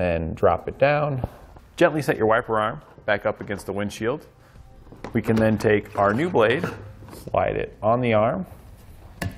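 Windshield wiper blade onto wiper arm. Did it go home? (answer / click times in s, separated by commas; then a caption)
yes / 9.2 s. Someone talks while a new ClearPlus Intelli Curve plastic-and-metal windshield wiper blade is slid onto the metal hook of the wiper arm on a 2019 Chevrolet Equinox, after the arm is set back against the windshield. A single sharp click at 9.2 s is the blade locking into place on the arm, and the blade is seated.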